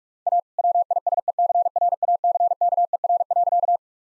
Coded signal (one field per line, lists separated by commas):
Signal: Morse code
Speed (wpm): 46 wpm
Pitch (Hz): 700 Hz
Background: none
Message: A WISECRACKER.